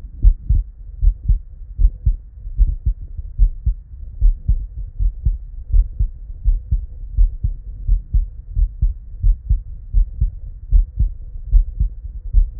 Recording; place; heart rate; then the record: heart sounds by stethoscope; Erb's point; 78 bpm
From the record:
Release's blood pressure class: normal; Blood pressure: 99/63 mmHg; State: at rest